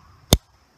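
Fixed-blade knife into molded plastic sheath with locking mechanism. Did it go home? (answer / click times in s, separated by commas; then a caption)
yes / 0.3 s. A fixed-blade knife is pushed back into its molded plastic sheath (not Kydex), and the sheath's locking mechanism pushes up and snaps shut with a single sharp click at 0.3 s over quiet background. The knife is locked in place, so it won't fall out.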